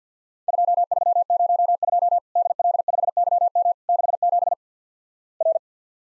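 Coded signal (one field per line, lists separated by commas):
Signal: Morse code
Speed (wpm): 49 wpm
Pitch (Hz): 700 Hz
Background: none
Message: 2302 DL5YM 67 R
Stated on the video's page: Worked All Europe DX Contest QTC exchange drill at 50 wpm, each exchange sent, spoken, then sent again.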